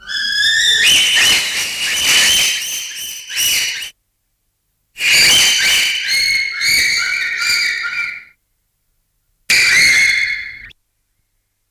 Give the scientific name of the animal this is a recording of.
Pan paniscus